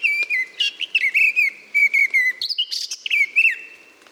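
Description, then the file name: Eurasian blackcap song: a fast, scratchy warble running into clear, fluty whistled phrases, dense and varied, filling about four seconds. "Sylvia atricapilla"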